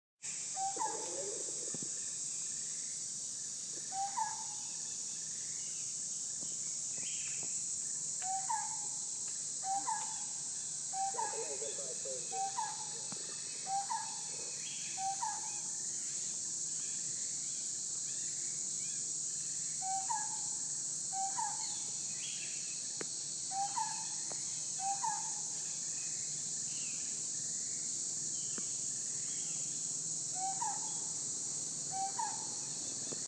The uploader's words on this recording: Morning in Ta Prohm, Siem Reap by Armchair Psychology.